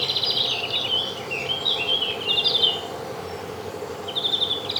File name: Chloris chloris